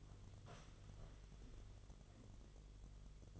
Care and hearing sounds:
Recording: daily activity, microphone in the room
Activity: sit down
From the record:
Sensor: 4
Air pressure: 1005.9 hPa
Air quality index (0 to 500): 107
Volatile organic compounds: 3 ppm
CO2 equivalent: 1340 ppm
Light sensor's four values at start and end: 13/29/11/10 and 13/29/11/10

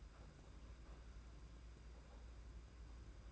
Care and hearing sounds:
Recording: daily activity, microphone in the room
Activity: open fridge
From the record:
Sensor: 2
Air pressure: 991.7 hPa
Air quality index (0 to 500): 221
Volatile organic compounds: 1000 ppm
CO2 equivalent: 7381 ppm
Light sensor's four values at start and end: 26/83/32/30 and 26/83/32/30

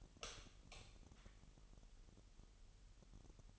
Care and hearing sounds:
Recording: daily activity, microphone in the room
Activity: light on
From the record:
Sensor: 4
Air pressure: 989.2 hPa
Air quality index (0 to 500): 218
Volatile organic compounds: 71 ppm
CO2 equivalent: 3524 ppm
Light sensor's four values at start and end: 25/80/30/30 and 28/92/34/36

